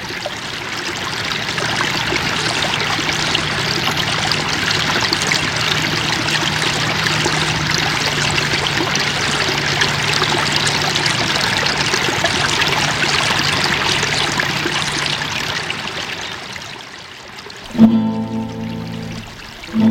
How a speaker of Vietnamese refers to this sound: Ước gì nàng được ngồi suốt ngày ở đây, lắm xa những cặp mắt khốn khổ ở Tara, ngồi đây để nghe tiếng lá reo xào xạc và tiếng nước róc rách chảy dưới bầu trời yên tĩnh.